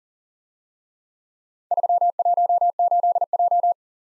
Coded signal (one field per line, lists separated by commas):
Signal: Morse code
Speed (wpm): 38 wpm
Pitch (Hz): 700 Hz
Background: none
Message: 318J